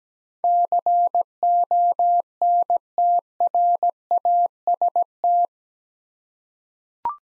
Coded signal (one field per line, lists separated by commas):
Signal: Morse code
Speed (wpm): 17 wpm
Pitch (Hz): 700 Hz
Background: none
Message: CONTRAST